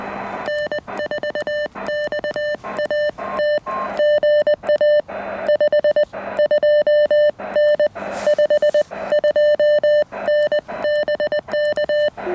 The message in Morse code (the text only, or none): N4XAT GA 52N 52N BK